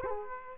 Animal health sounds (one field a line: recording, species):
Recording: mosquito wingbeat signal from an infrared sensor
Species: Culex quinquefasciatus